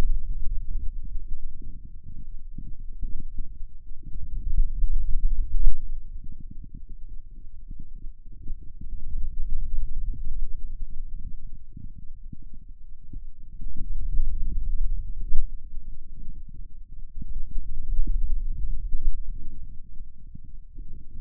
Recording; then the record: forearm muscle sounds (acoustic myography)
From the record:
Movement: finger pinch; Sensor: system 2, bracelet of six BSWA MPA416 microphones around the upper forearm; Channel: 5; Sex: male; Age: 22 years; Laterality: right